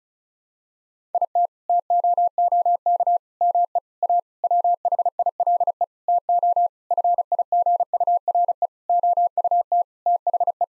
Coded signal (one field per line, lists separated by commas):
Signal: Morse code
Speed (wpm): 36 wpm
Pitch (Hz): 700 Hz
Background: none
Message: IT TOOK ME A WHILE TO FIGURE OUT THE